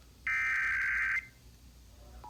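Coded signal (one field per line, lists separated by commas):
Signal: Emergency Alert System (SAME) tones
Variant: header bursts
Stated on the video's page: Required Monthly Test of the Emergency Alert System for South Carolina.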